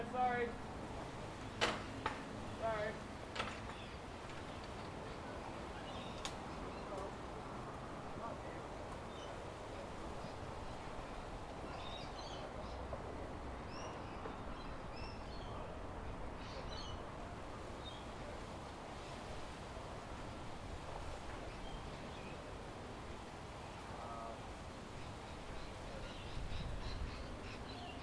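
Outside overlooking Tamarama Beach, a steady wash of surf and murmuring voices fills the air, with sharp clicks early and faint chirps midway.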